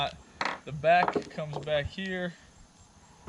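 On a Hobie Mirage Lynx, the kayak seat back frame is brought back toward its clip mount on the hull while someone talks. Nothing has seated or clicked yet; the part is handled but not yet home.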